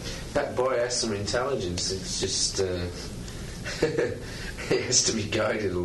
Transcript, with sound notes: That boy has some intelligence, it's just, er, [laughs] he has to be guided a little